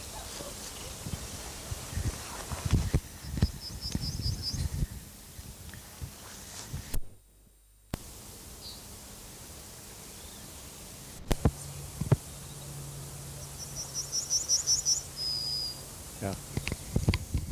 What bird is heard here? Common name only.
Yellowhammer